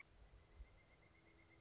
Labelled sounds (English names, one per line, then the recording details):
Pileated Woodpecker
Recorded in Sonoma County, California